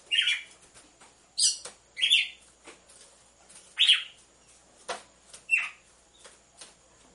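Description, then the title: Red-cowled cardinal giving several short, harsh notes at uneven intervals, mixed with soft clicks. Female red-cowled cardinal song used to warm up males, with a beat of two males. "Canto Galo Campina Fêmea 01. ESQUENTE GALO DE CAMPINA COM BATIDA DE DOIS MACHOS"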